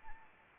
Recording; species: mosquito wingbeat signal from an infrared sensor; Anopheles arabiensis